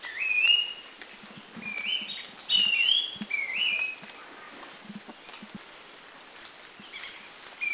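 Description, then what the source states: Streaked Wren-Babbler uttering a run of short, slurred, rising whistles close together, then a pause and a few more whistles near the end, with faint background hiss. Northern Thailand.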